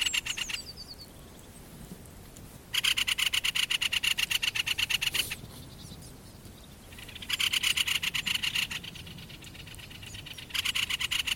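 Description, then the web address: Great spotted woodpecker rattling repeatedly: long bursts of quick, dry, grating clicks, some over two seconds, coming in close succession. Rattling chatter call, termed räksytys in Finnish. "linnut kapytikan raksutus"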